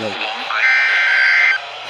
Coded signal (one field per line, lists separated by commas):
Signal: Emergency Alert System (SAME) tones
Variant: header bursts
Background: speech